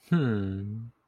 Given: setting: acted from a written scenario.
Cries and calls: vocal sound without words; sympathy

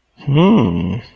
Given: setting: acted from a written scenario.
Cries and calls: vocal sound without words; romantic love

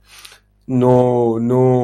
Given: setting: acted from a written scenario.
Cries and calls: vocal sound without words; disappointment

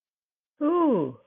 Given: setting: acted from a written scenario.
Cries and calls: vocal sound without words; adoration

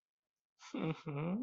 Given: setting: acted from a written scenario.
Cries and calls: vocal sound without words; interest

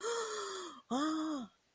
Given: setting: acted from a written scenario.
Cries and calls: vocal sound without words; positive surprise

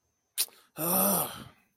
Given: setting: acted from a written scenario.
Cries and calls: vocal sound without words; anger

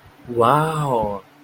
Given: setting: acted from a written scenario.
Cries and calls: vocal sound without words; interest

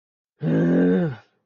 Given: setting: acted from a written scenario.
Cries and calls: vocal sound without words; anger

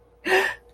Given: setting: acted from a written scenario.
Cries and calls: vocal sound without words; elation

